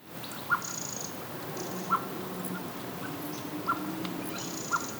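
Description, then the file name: Common blackbird calling with four short soft notes spaced unevenly, accompanied by faint thin high whistles and steady low background noise. "Turdus merula"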